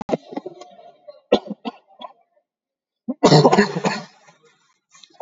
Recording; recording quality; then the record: shallow voluntary cough; excellent, no background noise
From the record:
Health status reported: COVID-19 positive, mild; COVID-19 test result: positive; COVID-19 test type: RT-PCR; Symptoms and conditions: fatigue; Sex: male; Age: 31 years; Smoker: no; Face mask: not worn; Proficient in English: yes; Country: India